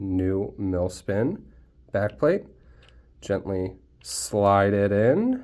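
A replacement Milspin back plate is gently slid into the rear of a Smith & Wesson pistol slide while the white spring cup is held depressed. Someone talks throughout, with no distinct sharp sounds. Nothing has seated or clicked yet; the clip ends before the plate locks in.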